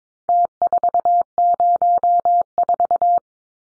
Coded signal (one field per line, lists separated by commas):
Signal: Morse code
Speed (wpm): 22 wpm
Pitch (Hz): 700 Hz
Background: none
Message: T404